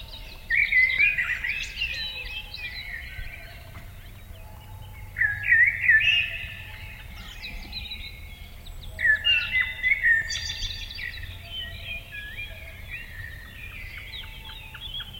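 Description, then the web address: Eurasian blackbird singing mellow, flute-like phrases with squeaky twittered endings, three phrases spaced a few seconds apart, with a soft constant background rumble. Recorded in summer. "Yle. Luontovuosi kesa mustarastas"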